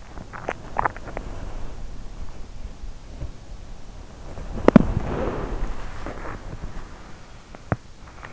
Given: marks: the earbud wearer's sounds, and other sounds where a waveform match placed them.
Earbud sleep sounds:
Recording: sounds in sleep by an in-ear microphone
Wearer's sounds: swallowing, body movement, teeth grinding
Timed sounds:
0.12-1.24 s: swallowing
3.59-6.28 s: body movement
7.14-8.33 s: teeth grinding

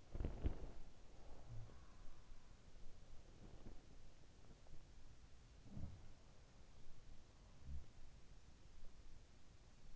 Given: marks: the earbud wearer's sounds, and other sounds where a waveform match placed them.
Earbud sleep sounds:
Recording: sounds in sleep by an in-ear microphone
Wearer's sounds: body movement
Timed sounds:
0.00-1.02 s: body movement
1.27-3.53 s: sound from someone else or the room
3.60-4.79 s: sound from someone else or the room
5.53-8.09 s: sound from someone else or the room

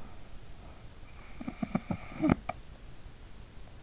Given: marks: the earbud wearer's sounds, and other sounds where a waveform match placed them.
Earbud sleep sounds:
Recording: sounds in sleep by an in-ear microphone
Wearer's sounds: snoring breath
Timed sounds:
1.12-3.58 s: snoring breath

